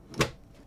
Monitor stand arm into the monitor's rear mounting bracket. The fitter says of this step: and then we should hear a nice click